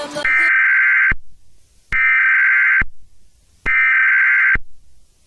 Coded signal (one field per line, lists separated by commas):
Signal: Emergency Alert System (SAME) tones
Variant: header bursts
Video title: Indominus rex escape (EAS SCENARIO Jurrasic World 2015)